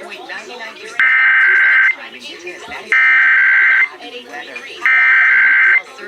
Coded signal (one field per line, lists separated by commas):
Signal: Emergency Alert System (SAME) tones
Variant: header bursts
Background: speech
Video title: A Wacky Wednesday? | EAS #6-14 | Required Monthly (RMT) and Weekly Tests (RWT) | May 20th, 2026